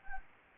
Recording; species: mosquito wingbeat signal from an infrared sensor; Anopheles gambiae